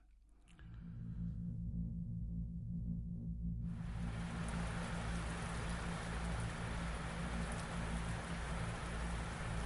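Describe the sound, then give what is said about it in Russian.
A low, steady rumbling drone hums alone at first, then heavy rain suddenly bursts in, a dense, loud, continuous hiss pouring down at night over a city's tiled rooftops, trees and stone pavements for the rest of the time. “Дождь обрушился на ночной город, жадно облизывал черепичные чешуйки крыш, истосковавшиеся по влаге кроны деревьев, каменный панцирь мостовых и тротуаров, пропитанных дневным теплом.”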